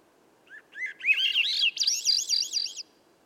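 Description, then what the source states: Swainson's thrush: a single rising, ethereal phrase. It begins with soft low whistles and ascends to bright, rapidly undulating high notes, with silence before and after. Singing at dusk near a campsite, 3 m up a red alder 9 m away at a cut clearing's edge among young hemlock and redcedar; other birds silent; 15-minute performance; Sound Devices MixPre6, MicBooster Pluggy.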